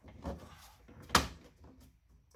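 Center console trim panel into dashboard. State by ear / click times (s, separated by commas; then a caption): seated / 1.2 s. The plastic center console trim panel (tombstone) of an NA Miata is pressed back onto the dash around an aftermarket Pioneer DMH-1500NEX radio, lined up on the stock bracketry with a filler piece in place. After a soft knock at about 0.3 s, a single sharp, loud click at 1.2 s marks its clips engaging. The panel is seated in place.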